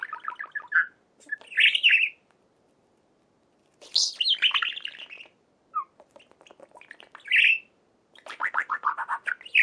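Budgerigar warbling in separate bursts, mixing rapid clicking trills with scratchy squawks and whistled notes, broken by short silent pauses.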